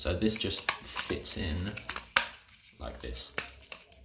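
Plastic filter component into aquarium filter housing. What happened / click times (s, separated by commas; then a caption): A plastic part is being fitted by hand; no seating is confirmed, though one sharp click could be mistaken for it / none. A plastic component of a hanging Elite Stingray 10 underwater aquarium filter is handled and pushed toward the filter body while someone talks, with a sharp handling knock near 2.2 s and faint ticks around 3.7 and 3.9 s. The clip ends before the part goes home; nothing has seated or clicked yet.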